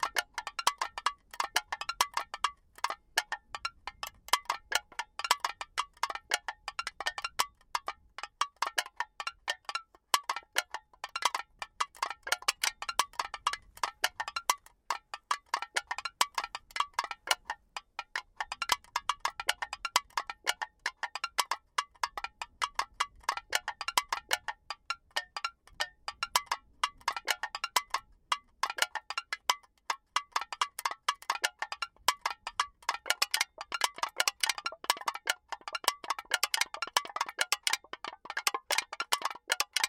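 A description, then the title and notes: Empty aluminum cans clink and tap in rapid, dense bursts throughout, bright ringing clatters with brief pauses and little low sound beneath. I recorded the sounds Enrico produced from manipulating empty aluminum cans. On the crest of a hill we found an almost anechoic slope, populated by dense tall grass. We wanted the recording to be “pure” – as dry and close up as possible.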